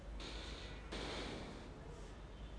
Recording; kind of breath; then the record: one breath in and out by a microphone near the nose and mouth; normal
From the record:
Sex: male